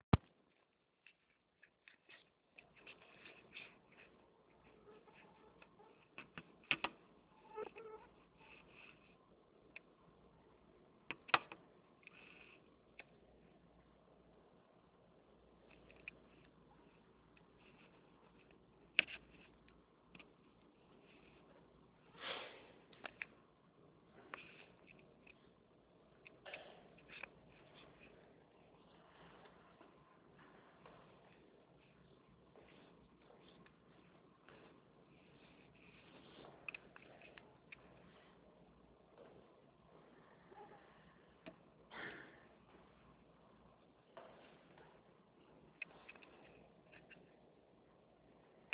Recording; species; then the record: mosquito flight sound by mobile phone; Anopheles albimanus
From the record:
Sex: female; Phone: Nokia 6555B